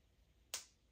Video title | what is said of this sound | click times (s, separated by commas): NEW IN! UNBOXING - PACK WITH ME - Jamaica VLOG - I Lied To You and To Myself! | That's how the snap is supposed to be. Like that. | 0.5 s